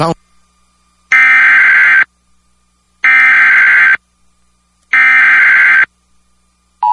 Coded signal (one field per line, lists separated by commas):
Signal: Emergency Alert System (SAME) tones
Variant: header bursts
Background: speech